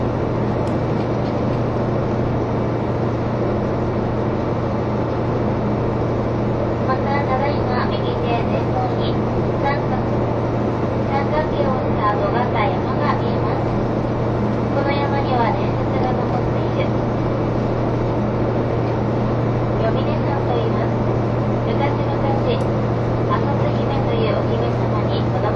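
Inside the KiHa 183 series "Asoboy!" diesel train running from Kumamoto toward Miyaji, a steady low engine drone with a strong hum holds throughout. Murmured voices and scattered chatter drift over it, busier in the middle stretch, with occasional small clicks and knocks.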